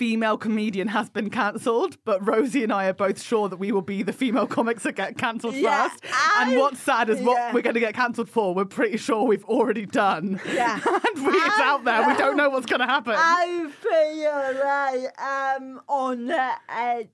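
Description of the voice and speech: A woman talks at a quick, lively conversational pace in a fairly high voice, fluent and clear. Toward the end she drags out her last few words playfully in a sing-song way. The speech is typical, with no sign of a speech disorder.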